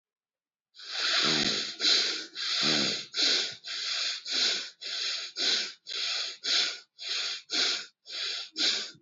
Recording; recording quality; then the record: shallow breathing; excellent, no background noise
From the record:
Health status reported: healthy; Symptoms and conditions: none ticked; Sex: male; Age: 24 years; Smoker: not ticked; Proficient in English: yes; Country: India